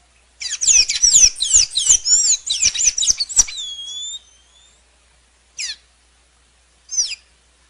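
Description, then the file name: Blue dacnis gives a dense high twittering phrase ending in two drawn-out slurred notes, then two separate sharp downslurred calls. "canto da pipira azul"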